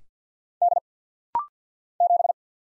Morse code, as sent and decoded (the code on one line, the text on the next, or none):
-.. / --...
D 7